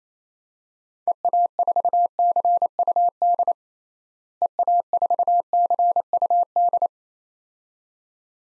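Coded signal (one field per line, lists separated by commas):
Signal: Morse code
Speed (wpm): 28 wpm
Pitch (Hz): 700 Hz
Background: none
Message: EA4CUD EA4CUD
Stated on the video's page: Morse practice at 28 wpm: 6-character DXCC call signs outside the USA, each sent twice, then spoken, then sent again.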